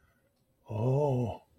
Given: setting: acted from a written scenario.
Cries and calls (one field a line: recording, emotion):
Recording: vocal sound without words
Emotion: desire